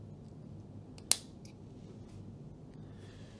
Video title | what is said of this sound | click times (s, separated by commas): Pokit Meter - Fuse Change - Pokit User Guide | and then you just push down until it clicks in so | 1.1 s